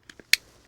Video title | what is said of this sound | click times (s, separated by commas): Swapping A GTM Supercar's LS1 For An E-Rod Engine - Horsepower S14, E4 | until you hear it click it locks in place and you're done | 0.3 s